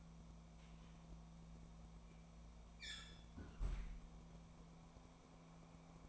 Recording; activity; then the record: daily activity, microphone in the room; close fridge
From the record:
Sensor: 1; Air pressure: 1000.1 hPa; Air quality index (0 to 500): 134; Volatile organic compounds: 2 ppm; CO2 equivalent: 1266 ppm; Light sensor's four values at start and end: 34/86/36/44 and 34/87/36/44